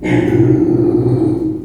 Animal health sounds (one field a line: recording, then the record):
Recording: squeal of a Yucatan mini pig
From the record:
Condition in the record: before surgery on the right vocal fold (resection and tissue-engineered implant)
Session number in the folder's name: 1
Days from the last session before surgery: -21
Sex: female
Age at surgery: 19 weeks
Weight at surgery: 25 kg